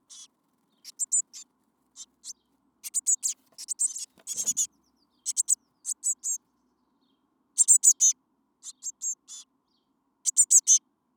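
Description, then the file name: Eurasian blue tit calls, high thin notes and chattering bursts in irregular clusters, a brief low sound in the middle. "Cyanistes caeruleus"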